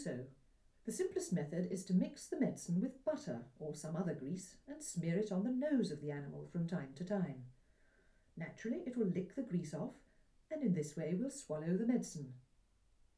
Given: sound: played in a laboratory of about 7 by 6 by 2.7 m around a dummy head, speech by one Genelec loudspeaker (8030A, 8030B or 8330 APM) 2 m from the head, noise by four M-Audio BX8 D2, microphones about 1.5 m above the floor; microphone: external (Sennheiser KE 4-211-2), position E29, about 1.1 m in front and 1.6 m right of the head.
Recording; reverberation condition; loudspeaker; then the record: female speech in English; low; in front (0 degrees)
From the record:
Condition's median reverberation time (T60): about 310 ms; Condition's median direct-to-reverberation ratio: about 3.5 dB